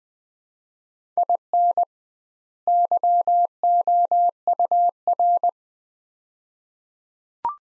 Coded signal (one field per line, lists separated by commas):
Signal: Morse code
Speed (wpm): 20 wpm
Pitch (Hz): 700 Hz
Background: none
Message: IN YOUR